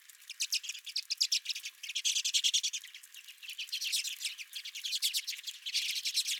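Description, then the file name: Redpolls twittering, rapid buzzy chips in overlapping runs. Redpolls at the recordist's feeder. "Redpolls at My Feeder"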